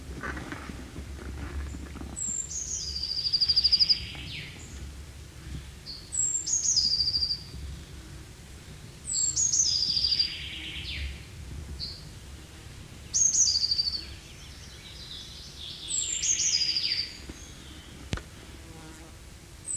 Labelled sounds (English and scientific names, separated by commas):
Eurasian Blue Tit (Cyanistes caeruleus) song